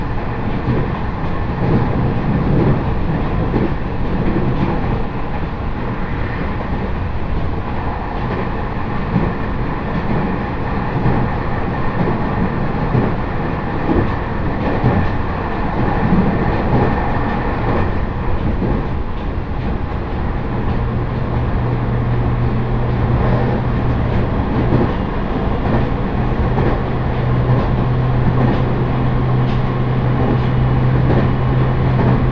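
A ride aboard a Joban Line train between Minami-Nakago and Katsuta, with a steady dense rumble and clatter of wheels on rails throughout. Faint rhythmic rattles recur, and from about twenty seconds a low, even hum rises under the running noise.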